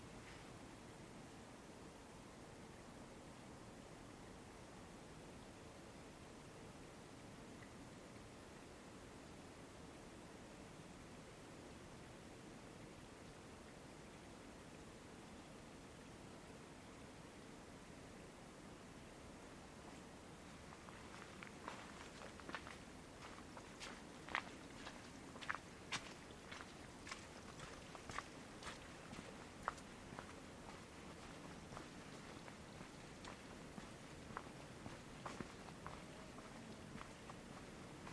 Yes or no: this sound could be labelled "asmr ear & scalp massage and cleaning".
no